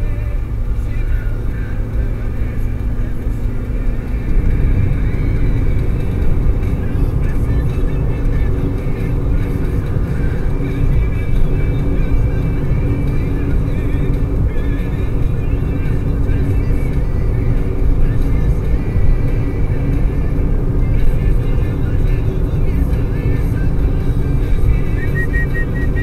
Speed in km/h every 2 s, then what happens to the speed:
109, 112, 115, 117, 119, 120, 119, 118, 118, 118, 118, 118, 117.
0-9 speeds up to 120. 9-26 steady at about 118.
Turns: none.